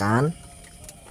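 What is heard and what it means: A plastic wiring harness socket is being pushed onto the alternator connector of a 2012 Avanza 1300 manual. Someone talks for the first 0.3 s, followed by faint background noise and a brief soft tick near 0.9 s. The clip ends before the part goes home, and nothing has seated or clicked yet.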